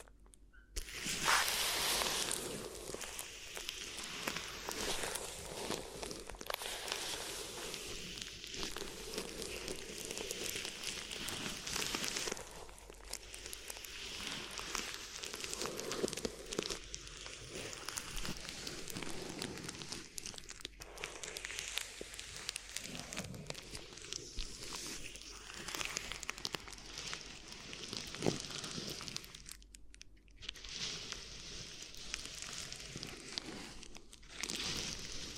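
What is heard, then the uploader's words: Crinkly ear massage: dense, busy crinkling and crackling runs almost the whole way through, bright and scratchy with constant small rustling changes. A brief loud burst near two seconds, and short near-silent gaps around 30 seconds and at the very end. ASMR Addictive Crinkly Ear Massage (No Talking).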